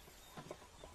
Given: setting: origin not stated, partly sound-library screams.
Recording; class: one-second piece from a danger detection set; normal situation